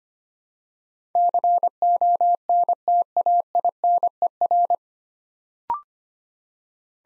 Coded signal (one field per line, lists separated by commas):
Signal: Morse code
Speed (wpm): 25 wpm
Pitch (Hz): 700 Hz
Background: none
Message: CONTAINER